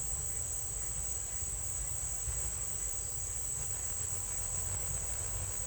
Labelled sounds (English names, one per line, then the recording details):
none
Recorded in dense forest near Puerto Asís, Putumayo, Colombia, on 20 December 2024 at 10:00
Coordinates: 0.482, -76.320
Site G021